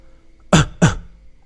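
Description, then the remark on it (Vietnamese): Two short, dry, embarrassed coughs in quick succession, sharp and fairly loud, with silence before and after and no talking. “Diệp Thiên xấu hổ ho khan một tiếng nói, Tuyết Tuyết, là do anh sơ sót, chỗ này đổ đi vậy, lát nữa anh đi mua thêm chút phụ liệu nấu lại một lần nữa vậy.”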